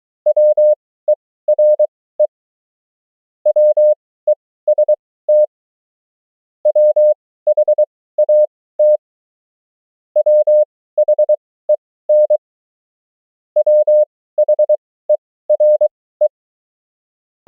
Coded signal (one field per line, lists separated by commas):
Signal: Morse code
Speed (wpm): 23 wpm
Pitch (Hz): 600 Hz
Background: none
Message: WERE WEST WHAT WHEN WHERE